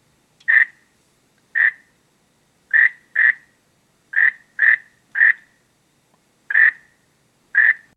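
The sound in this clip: Frog croaking, short single harsh croaks spaced irregularly, sometimes in quick pairs, nine in eight seconds, with quiet between.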